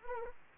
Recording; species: mosquito wingbeat signal from an infrared sensor; Anopheles arabiensis